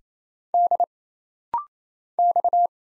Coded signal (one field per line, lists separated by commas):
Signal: Morse code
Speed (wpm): 27 wpm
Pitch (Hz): 700 Hz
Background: none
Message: D X